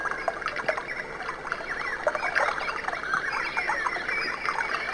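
Birds chirping in a dense flock, quick overlapping squeaks and twitters with a few clearer whistled notes, over steady hiss.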